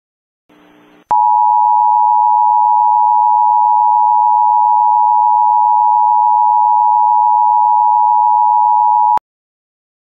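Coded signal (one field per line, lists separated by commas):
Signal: Emergency Alert System (SAME) tones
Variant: 853 and 960 Hz attention tone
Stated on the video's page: Comedy mock EAS alert.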